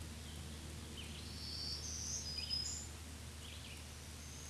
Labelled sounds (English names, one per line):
Black-throated Green Warbler song